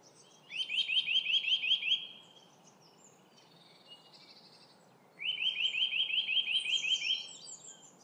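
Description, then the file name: Eurasian nuthatch calling in two rapid series of clear, upslurred whistled notes, roughly ten to thirteen notes each, separated by a three-second pause with faint high chirps between. "Sitta europaea"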